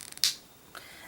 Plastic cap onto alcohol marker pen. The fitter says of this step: when you put them back on make sure you hear the snap